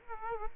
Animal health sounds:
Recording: mosquito wingbeat signal from an infrared sensor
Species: Culex quinquefasciatus

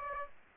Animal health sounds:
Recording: mosquito wingbeat signal from an infrared sensor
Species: Aedes aegypti

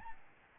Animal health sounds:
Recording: mosquito wingbeat signal from an infrared sensor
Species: Aedes albopictus

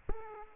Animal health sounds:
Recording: mosquito wingbeat signal from an infrared sensor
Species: Aedes aegypti

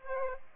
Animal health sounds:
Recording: mosquito wingbeat signal from an infrared sensor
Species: Aedes aegypti

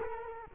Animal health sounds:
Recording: mosquito wingbeat signal from an infrared sensor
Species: Culex quinquefasciatus

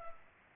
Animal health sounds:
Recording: mosquito wingbeat signal from an infrared sensor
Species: Culex pipiens

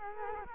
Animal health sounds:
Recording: mosquito wingbeat signal from an infrared sensor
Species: Culex quinquefasciatus

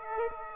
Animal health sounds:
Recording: mosquito wingbeat signal from an infrared sensor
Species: Aedes aegypti

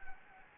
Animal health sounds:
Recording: mosquito wingbeat signal from an infrared sensor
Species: Anopheles gambiae

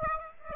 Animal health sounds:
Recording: mosquito wingbeat signal from an infrared sensor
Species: Aedes aegypti

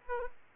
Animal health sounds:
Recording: mosquito wingbeat signal from an infrared sensor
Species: Aedes aegypti

